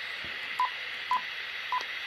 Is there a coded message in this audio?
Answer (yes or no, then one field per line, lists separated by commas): no